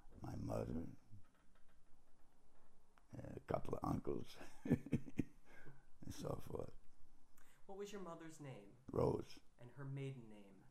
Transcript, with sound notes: my mother and a couple of uncles [chuckles]
What was your mother's name?
Rose.
And her maiden name?